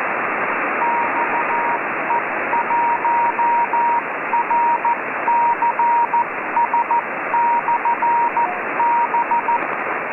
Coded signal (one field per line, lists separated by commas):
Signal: Morse code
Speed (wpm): 14 wpm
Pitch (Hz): 940 Hz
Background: radio noise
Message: XE1RCS/B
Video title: XE1RCS Ham Radio Beacon (Cerro Gordo, 70 km NE Mexico City, Mexico, 8 watts) - 28183 kHz (CW)